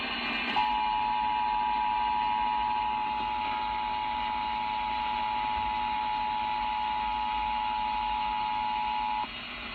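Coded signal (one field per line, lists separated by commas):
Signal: Emergency Alert System (SAME) tones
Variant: 853 and 960 Hz attention tone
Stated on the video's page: National EAS test received on 90.9 FM in Boston.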